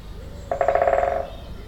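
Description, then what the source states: Woodpecker drum roll, a tight, fast series of knocks lasting less than a second, clear above soft background noise. Binaural recording.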